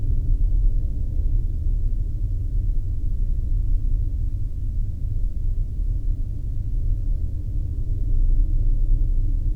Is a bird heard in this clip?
no